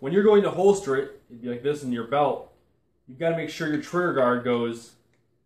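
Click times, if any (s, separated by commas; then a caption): none. A pistol is being handled at a belt holster, with its trigger guard about to be pushed into the holster. Someone talks throughout, and a faint brief tick comes near the end. Nothing has seated or clicked yet; the trigger guard has not snapped into the holster.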